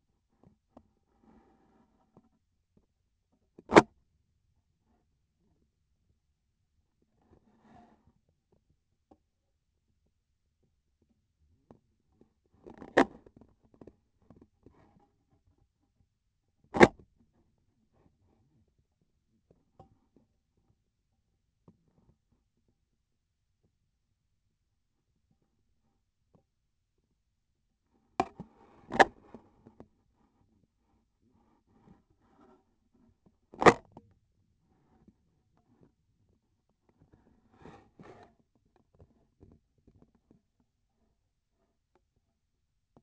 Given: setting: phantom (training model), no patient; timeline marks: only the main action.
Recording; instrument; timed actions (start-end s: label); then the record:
laparoscopic instrument, vibration sensor on the handle end; scissors
3.63-3.96 s: cutting PTFE tape
16.68-16.98 s: cutting PTFE tape
33.47-33.88 s: cutting PTFE tape
From the record:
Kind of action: gesture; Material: PTFE tape